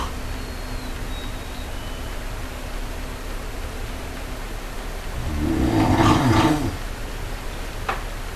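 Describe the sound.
Brown bear, a single rough growl with a noisy edge after several seconds of quiet, followed by a brief click.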